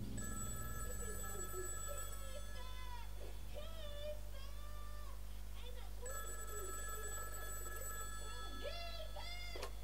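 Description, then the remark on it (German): A telephone rings in a house in two long, bright, steady bursts, with wavering voice-like sounds and chatter filling the gap between the rings and continuing underneath. “und sah sich im Fernsehen eine Wiederholung seiner Lieblingsserie an, als das Telefon klingelte.”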